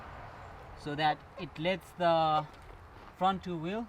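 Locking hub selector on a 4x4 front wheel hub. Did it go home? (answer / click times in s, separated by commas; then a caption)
no / none. A locking hub selector on a 4x4 front wheel hub is being turned by hand from auto to manual so the front two wheels engage, because the hub is faulty and doesn't engage by itself. A man talks over quiet outdoor background noise. Nothing has seated or clicked yet.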